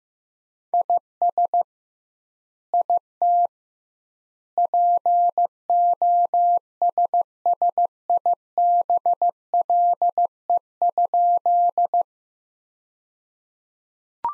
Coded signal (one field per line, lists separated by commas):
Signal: Morse code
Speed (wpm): 15 wpm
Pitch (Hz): 700 Hz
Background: none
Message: IS IT POSSIBLE?